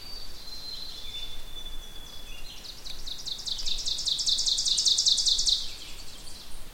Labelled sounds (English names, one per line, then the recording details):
Ovenbird song
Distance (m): 15 m
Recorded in boreal forest in Alberta, Canada, on 2 June 2016 at 08:05
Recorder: SongMeter 3, array SBT-3-7
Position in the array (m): 190 m, 110 m
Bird 6